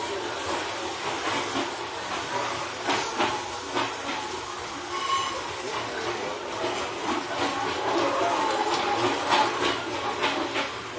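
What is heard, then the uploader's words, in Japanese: An Izu-Hakone Railway 3000 series steel train runs between Shuzenji and Mishima, with a steady, dense rushing rumble throughout. Repeated clacks and rattles from the wheels come every second or so, growing busier toward the end, with faint brief squeals around five and nine seconds. 伊豆箱根鉄道3000系(鋼製車) 修善寺〜三島。車体は20ｍ級3扉車。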